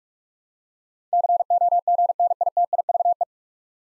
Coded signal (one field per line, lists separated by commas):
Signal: Morse code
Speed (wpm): 44 wpm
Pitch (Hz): 700 Hz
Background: none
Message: COGNITIVE